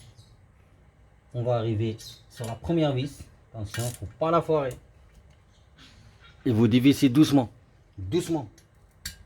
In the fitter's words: Voilà, vous avez entendu? Tac. Voilà, la première est dévissée.